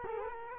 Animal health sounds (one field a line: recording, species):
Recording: mosquito wingbeat signal from an infrared sensor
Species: Culex quinquefasciatus